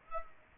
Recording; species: mosquito wingbeat signal from an infrared sensor; Aedes aegypti